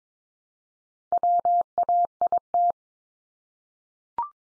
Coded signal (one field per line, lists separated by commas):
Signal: Morse code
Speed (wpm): 22 wpm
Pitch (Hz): 700 Hz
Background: none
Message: WAIT